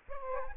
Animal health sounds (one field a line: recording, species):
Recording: mosquito wingbeat signal from an infrared sensor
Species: Aedes aegypti